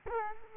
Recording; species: mosquito wingbeat signal from an infrared sensor; Culex quinquefasciatus